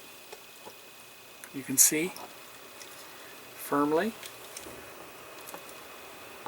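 A part of the right arm on an Agora Models T-800 Terminator scale model endoskeleton, where the hand connects, is being pressed firmly onto its mating piece for a press fit while someone talks. Faint handling ticks are heard around 4.6 s and 6.5 s, but nothing has seated or snapped into place yet.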